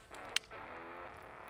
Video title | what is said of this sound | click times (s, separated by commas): A New Era of Crossbows | I heard the click the lever went down kicked back up now I'm going to do one backwards rotation | 0.4 s